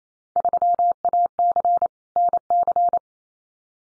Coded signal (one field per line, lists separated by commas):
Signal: Morse code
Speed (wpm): 28 wpm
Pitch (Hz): 700 Hz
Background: none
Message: 3AC NC